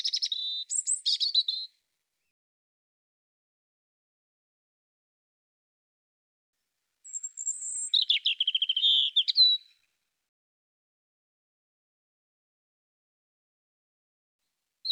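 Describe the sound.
European robin song: two bursts of thin, high, varied warbling phrases with trills and sweeping whistles, separated by about five seconds of silence, a brief note at the end.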